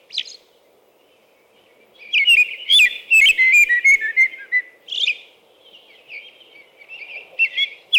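American robin song: a brief note, a pause, then a long series of whistled phrases and softer notes.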